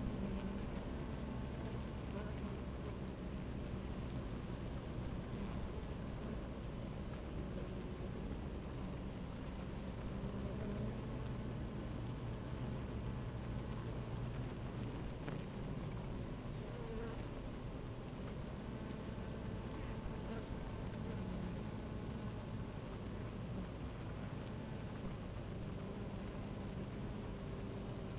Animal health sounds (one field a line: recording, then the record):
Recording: honeybee colony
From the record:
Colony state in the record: active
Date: 28 July 2017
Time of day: 11:56